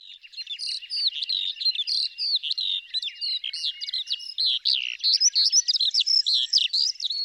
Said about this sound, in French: le chant que je viens de vous partager est celui de l'Alouette des Champs